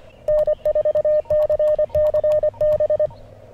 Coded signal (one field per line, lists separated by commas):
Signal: Morse code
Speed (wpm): 30 wpm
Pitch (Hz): 600 Hz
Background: none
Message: N4CCB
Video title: CQ WW WPX CW Contest - May 25th, 2019